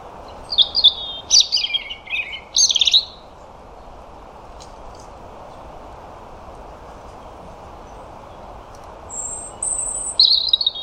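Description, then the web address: European robin singing: brief high sweeping and tumbling phrases, a long pause filled only by background hiss, then a thin high whistle and more warbling. "Deverinetal 2025 File origin Bird Only Er Ru"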